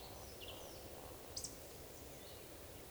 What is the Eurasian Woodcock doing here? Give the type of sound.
whistle